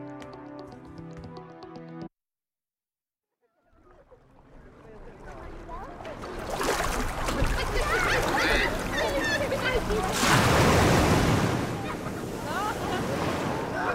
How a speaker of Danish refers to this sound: Det her er sommer og sol. Folk, der bader, og bølger, der skvulper i strandkanten.